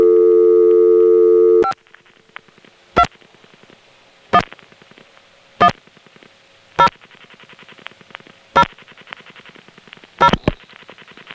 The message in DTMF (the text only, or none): 5 2 1 1 0 0 0